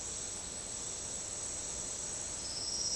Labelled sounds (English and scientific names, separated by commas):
none